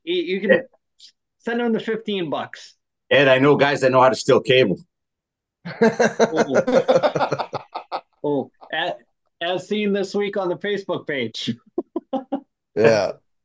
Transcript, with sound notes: You can send it on to 15 bucks.
And I know guys that know how to still cable. (laughing)
As seen this week on the Facebook page.
Yeah.